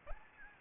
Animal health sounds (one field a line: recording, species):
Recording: mosquito wingbeat signal from an infrared sensor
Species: Anopheles arabiensis